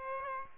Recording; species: mosquito wingbeat signal from an infrared sensor; Aedes aegypti